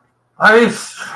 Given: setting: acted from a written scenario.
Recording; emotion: vocal sound without words; negative surprise